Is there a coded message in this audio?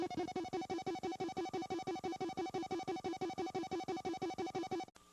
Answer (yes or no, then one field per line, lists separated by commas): no